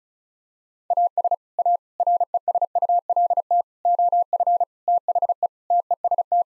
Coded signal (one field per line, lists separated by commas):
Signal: Morse code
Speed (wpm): 36 wpm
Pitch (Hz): 700 Hz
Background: none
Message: AS A RESULT OF THE TEST